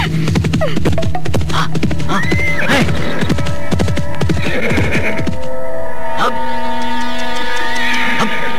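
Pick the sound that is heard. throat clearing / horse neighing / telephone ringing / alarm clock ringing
horse neighing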